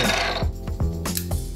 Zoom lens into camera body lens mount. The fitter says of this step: This feeling that leads to a click